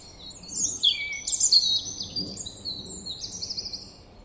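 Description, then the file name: European robin song: a run of high, fluty and trilled notes flowing into a longer thin warble that trails off. "Erithacus rubecula"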